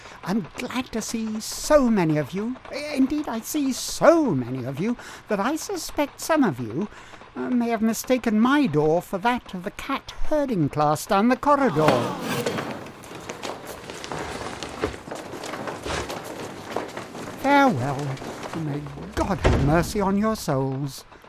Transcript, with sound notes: I'm glad to see so many of you, indeed I see SO many of you that I suspect some of you may have mistaken my door for that of the cat herding class down the corridor... [Over chair noises] farewell and may God have mercy on your souls.